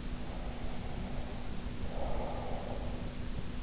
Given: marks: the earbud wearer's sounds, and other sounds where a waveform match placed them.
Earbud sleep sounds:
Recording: sounds in sleep by an in-ear microphone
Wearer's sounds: breath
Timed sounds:
0.14-3.22 s: breath

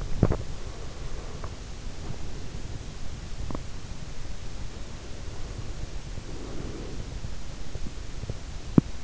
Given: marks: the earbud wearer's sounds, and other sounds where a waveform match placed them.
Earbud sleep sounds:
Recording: sounds in sleep by an in-ear microphone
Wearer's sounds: teeth grinding, breath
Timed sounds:
0.00-0.63 s: teeth grinding
0.63-3.03 s: breath
3.43-3.94 s: teeth grinding
4.80-7.20 s: breath
7.94-9.03 s: teeth grinding

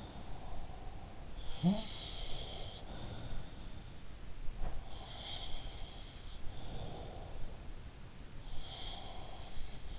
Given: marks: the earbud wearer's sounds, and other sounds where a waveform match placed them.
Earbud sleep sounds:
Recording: sounds in sleep by an in-ear microphone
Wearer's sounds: breath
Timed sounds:
0.00-1.69 s: breath
1.30-3.95 s: sound from someone else or the room
4.55-7.18 s: sound from someone else or the room
8.52-9.99 s: sound from someone else or the room

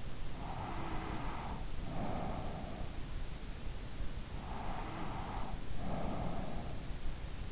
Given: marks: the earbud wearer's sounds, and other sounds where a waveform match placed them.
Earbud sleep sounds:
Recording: sounds in sleep by an in-ear microphone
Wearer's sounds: breath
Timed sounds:
0.31-2.82 s: breath
4.15-7.52 s: breath

